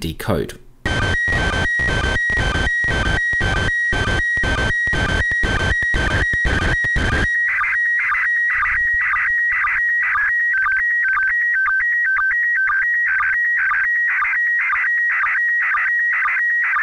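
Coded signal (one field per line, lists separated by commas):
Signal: SSTV (slow-scan television)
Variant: PD 120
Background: speech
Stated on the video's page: SSTV images transmitted from the International Space Station, received with SDR.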